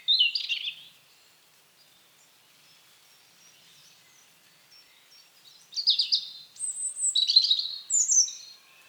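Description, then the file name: European robin delivering a brief high warble, falling quiet for several seconds, then a longer phrase of thin whistles and rapid trills. "Erithacus rubecula"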